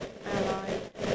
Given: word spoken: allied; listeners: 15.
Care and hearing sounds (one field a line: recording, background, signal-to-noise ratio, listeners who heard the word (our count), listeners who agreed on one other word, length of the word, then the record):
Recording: one English word in noise, from a listening test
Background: noise modulated by three-talker babble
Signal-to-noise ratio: -3.8 dB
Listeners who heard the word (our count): 1 of 15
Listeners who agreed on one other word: 12 of 15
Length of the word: 0.75 s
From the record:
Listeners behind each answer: 12, 1, 1, 1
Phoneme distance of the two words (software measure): 7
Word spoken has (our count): 2 syllables, 4 phonemes, stress on syllable 2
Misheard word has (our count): 2 syllables, 3 phonemes, stress on syllable 2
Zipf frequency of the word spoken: 3.69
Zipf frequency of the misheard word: 3.76